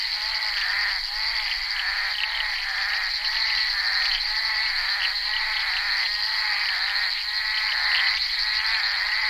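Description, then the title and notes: Bullfrog chorus of many overlapping raspy croaks, repeated in quick irregular bursts above a constant high whine. Recorded during the filming of Henri Duparc's film Bal poussière, February 1988. "crapaux buffle. enregistré sur le tournage Bal poussière dhenri duparc en février 1988"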